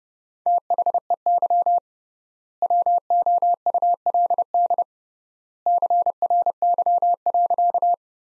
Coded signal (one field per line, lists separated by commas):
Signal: Morse code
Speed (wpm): 29 wpm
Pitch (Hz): 700 Hz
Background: none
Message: THEY WOULD CRY.